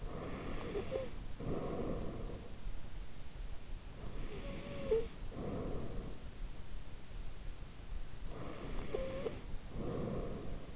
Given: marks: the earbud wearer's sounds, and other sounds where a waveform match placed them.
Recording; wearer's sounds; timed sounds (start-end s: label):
sounds in sleep by an in-ear microphone; snoring breath
0.00-2.59 s: snoring breath
3.84-6.51 s: snoring breath
8.29-10.76 s: snoring breath